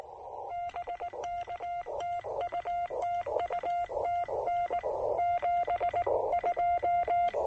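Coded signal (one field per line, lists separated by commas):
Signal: Morse code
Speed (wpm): 18 wpm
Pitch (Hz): 700 Hz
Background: none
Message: BK TU TU TN 72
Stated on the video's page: Portable Parks on the Air activation using a Yaesu FT-817ND, end-fed half-wave antenna and Begali Traveler key, with power lines nearby.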